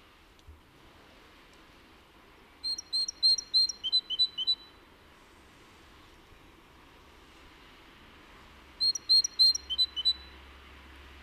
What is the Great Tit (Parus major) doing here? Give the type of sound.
call